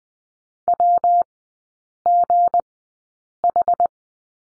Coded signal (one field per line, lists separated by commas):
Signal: Morse code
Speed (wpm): 20 wpm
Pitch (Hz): 700 Hz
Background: none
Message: WGH